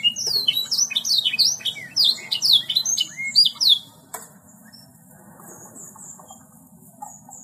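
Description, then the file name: Bird song of quick, high, down-slurred chirps and twitters for about four seconds, then mostly quiet with only a low hum remaining. "omkicau"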